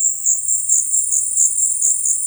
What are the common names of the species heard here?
none